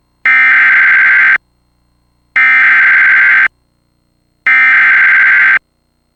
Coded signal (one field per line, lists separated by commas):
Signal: Emergency Alert System (SAME) tones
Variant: header bursts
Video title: Severe Thunderstorm Warning (EAS #578)